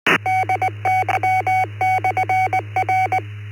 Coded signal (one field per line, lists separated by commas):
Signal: Morse code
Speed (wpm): 19 wpm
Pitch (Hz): 750 Hz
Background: none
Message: DTM/R